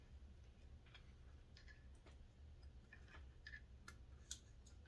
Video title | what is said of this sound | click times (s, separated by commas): HB Racing D819rs, D8T Evo3 radio tray and new products from Cupcake RC | It snaps into place, and | 4.3 s